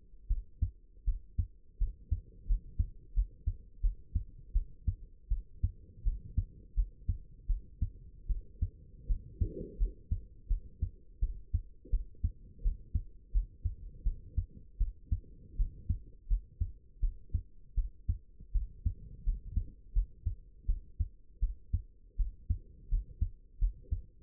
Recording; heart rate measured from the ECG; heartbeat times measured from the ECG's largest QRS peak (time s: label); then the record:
heart sounds by stethoscope; 82 bpm
0.28 s: heartbeat
1.05 s: heartbeat
1.79 s: heartbeat
2.47 s: heartbeat
3.14 s: heartbeat
3.81 s: heartbeat
4.53 s: heartbeat
5.29 s: heartbeat
6.04 s: heartbeat
6.75 s: heartbeat
7.47 s: heartbeat
8.28 s: heartbeat
9.08 s: heartbeat
9.78 s: heartbeat
10.48 s: heartbeat
11.20 s: heartbeat
11.91 s: heartbeat
12.63 s: heartbeat
13.32 s: heartbeat
14.04 s: heartbeat
14.78 s: heartbeat
15.57 s: heartbeat
16.28 s: heartbeat
17.01 s: heartbeat
17.75 s: heartbeat
18.53 s: heartbeat
19.24 s: heartbeat
19.93 s: heartbeat
20.67 s: heartbeat
21.40 s: heartbeat
22.17 s: heartbeat
22.89 s: heartbeat
23.59 s: heartbeat
From the record:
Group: healthy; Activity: rest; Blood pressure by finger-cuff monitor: 78/41 mmHg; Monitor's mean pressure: 57 mmHg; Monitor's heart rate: 83 bpm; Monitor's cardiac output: 8.6 L/min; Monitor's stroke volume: 105 mL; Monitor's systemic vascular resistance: 450 dyn s/cm5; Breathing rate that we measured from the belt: 18 breaths a minute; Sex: female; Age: 22 years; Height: 161 cm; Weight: 65.5 kg